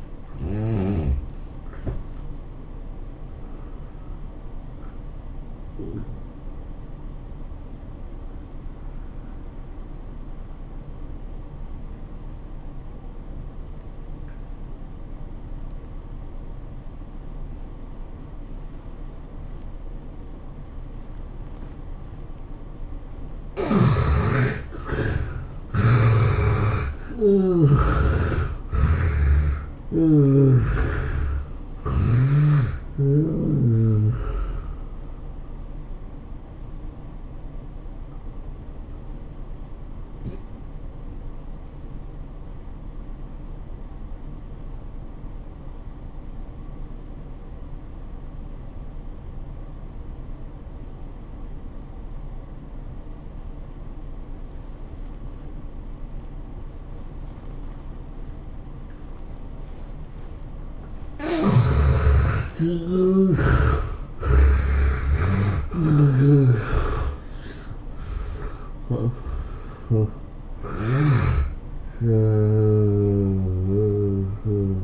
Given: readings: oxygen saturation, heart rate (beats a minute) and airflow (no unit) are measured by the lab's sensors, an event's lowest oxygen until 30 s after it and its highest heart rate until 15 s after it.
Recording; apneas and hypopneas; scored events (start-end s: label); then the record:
breathing in sleep by a smartphone at the bedside; 2
5.00-25.60 s: obstructive apnea (N1, oxygen 96% highest, then 72% lowest, heart rate 104 at the start, 107 highest)
40.00-60.40 s: obstructive apnea (N1, oxygen 96% highest, then 70% lowest, heart rate 93 at the start, 108 highest)
From the record:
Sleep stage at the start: N1 (lightest sleep); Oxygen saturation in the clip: 71 to 96%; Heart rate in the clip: 82 to 108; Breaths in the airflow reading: 9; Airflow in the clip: -15.8 to 16.4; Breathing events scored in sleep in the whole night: 403 in 5.5 hours asleep